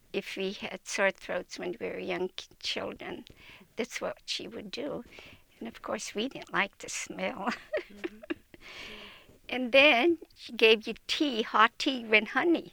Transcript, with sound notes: If we had sore throats when we were young children, that's what she would do and of course we didn't like the smell. [Laughs] And then she gave you tea, hot tea with honey,